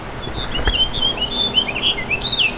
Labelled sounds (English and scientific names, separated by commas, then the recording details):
House Finch (Haemorhous mexicanus) song
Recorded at Glen Cove on Long Island, New York, on 14 June 2013
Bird D